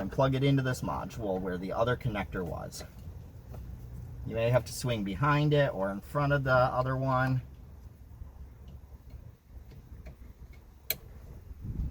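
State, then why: Seated. Someone talks while a T-harness connector for a SYNC 3-equipped Ford's motion-unlock and 360-camera bypass is maneuvered behind or in front of the neighbouring plug and pushed into the infotainment module socket where the original connector was. After the talking stops there is a quieter stretch of faint handling, then a single sharp click at 10.9 s as the wiring harness plug seats in the module.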